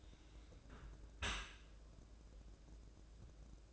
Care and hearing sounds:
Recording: daily activity, microphone in the room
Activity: close dishwasher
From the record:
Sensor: 2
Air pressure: 1012.2 hPa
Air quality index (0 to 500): 147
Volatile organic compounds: 2 ppm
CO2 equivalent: 1077 ppm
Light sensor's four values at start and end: 314/775/314/317 and 312/769/312/315

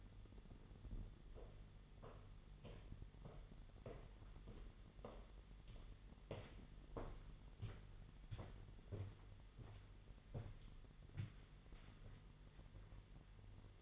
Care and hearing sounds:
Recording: daily activity, microphone in the room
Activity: walk to room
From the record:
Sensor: 4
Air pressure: 989.0 hPa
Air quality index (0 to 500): 203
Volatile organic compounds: 49 ppm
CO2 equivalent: 3284 ppm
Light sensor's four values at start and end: 29/99/37/39 and 29/98/36/38

